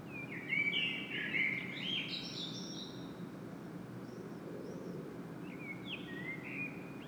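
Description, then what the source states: Common blackbird song: a loud fluted phrase with high squeaky notes, a pause with faint whistles, then a softer second phrase; low rumble underneath. Singing in Saint-Gilles, Belgium; recorded with a Sony PCM-M10 internal microphone.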